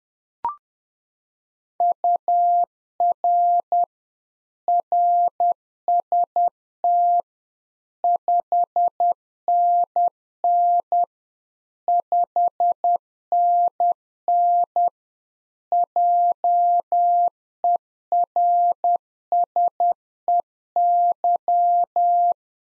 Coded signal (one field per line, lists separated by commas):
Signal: Morse code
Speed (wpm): 10 wpm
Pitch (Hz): 700 Hz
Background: none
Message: UR RST 5NN 5NN JERSEY